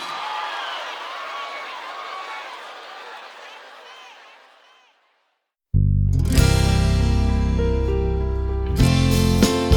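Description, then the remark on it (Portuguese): A live audience claps and cheers, with whistles in the mix, for a singer celebrating a 50-year career, the noise steadily fading over about five seconds. A short silence follows before loud music bursts in. “Uma então, salva de palmas.”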